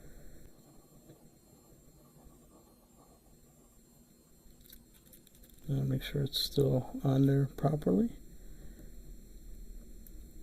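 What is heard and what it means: A snap-on watch case back sits lined up in a watch press on the wristwatch case and is checked to make sure it is still positioned correctly before any pressure is applied. Faint small handling taps come around 4.7–5.5 seconds, and someone talks from about 5.7 to 8 seconds. Nothing has snapped or clicked into place yet.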